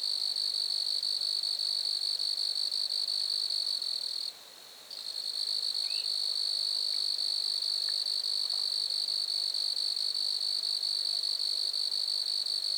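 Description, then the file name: Grasshopper stridulation: a high, rapidly pulsed buzz with one short silence just after four seconds, then a steady drone to the end. Grasshoppers recorded at Lac-à-François, Montcerf-Lytton, Quebec, Canada. "criquets-grasshoppers- -lac-acc 80-franccca 7 ois-montcerf-lytton-quecc 81 bec-canada"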